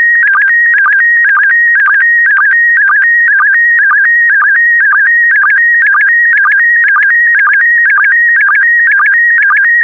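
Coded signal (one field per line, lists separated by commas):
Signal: SSTV (slow-scan television)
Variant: PD120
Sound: steady warbling high tone with rapid regular chirps, repeating evenly for the whole clip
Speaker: the next image transmission will start in 10 seconds five four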